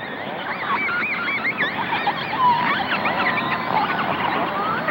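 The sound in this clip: Whale calls: many overlapping wavering whistles and sweeping squeals, rising and falling continuously over a dense, hissy background.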